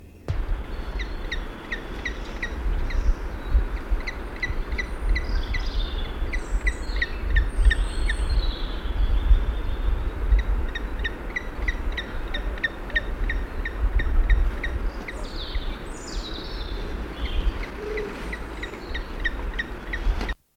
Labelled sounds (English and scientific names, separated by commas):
Grey-headed Woodpecker (Picus canus) call